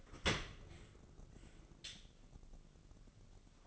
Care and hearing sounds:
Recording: daily activity, microphone in the room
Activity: open dishwasher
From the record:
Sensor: 4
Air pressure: 1013.2 hPa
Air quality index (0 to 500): 176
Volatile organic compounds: 2 ppm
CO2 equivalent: 1110 ppm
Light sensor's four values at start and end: 88/219/91/95 and 88/218/91/94

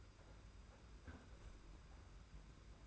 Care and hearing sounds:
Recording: daily activity, microphone in the room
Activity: close fridge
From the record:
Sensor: 2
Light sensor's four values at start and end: 26/82/32/29 and 26/81/32/29

